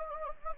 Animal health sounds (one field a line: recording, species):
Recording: mosquito wingbeat signal from an infrared sensor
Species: Anopheles gambiae